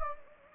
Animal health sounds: mosquito wingbeat signal from an infrared sensor; Anopheles gambiae

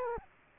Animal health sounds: mosquito wingbeat signal from an infrared sensor; Aedes aegypti

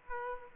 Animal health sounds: mosquito wingbeat signal from an infrared sensor; Aedes aegypti

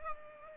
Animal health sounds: mosquito wingbeat signal from an infrared sensor; Culex pipiens

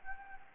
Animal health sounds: mosquito wingbeat signal from an infrared sensor; Anopheles gambiae

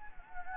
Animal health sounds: mosquito wingbeat signal from an infrared sensor; Anopheles gambiae

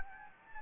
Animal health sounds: mosquito wingbeat signal from an infrared sensor; Anopheles gambiae

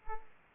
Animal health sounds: mosquito wingbeat signal from an infrared sensor; Culex pipiens

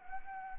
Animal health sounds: mosquito wingbeat signal from an infrared sensor; Anopheles arabiensis

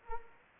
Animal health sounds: mosquito wingbeat signal from an infrared sensor; Anopheles arabiensis

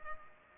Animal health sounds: mosquito wingbeat signal from an infrared sensor; Culex pipiens

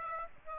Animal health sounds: mosquito wingbeat signal from an infrared sensor; Aedes aegypti

